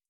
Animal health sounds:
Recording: hydrophone in a shrimp aquaculture tank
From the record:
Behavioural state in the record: starved

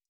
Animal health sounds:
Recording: hydrophone in a shrimp aquaculture tank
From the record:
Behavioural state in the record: stressed

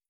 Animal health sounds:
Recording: hydrophone in a shrimp aquaculture tank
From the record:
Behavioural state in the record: feeding

